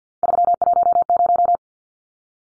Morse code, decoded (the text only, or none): 310